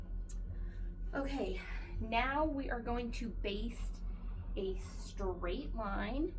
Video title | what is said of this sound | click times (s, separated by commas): Let's SEE how long it takes me to load a quilt!!! | and you will have an audible click when she's in place. | 0.3 s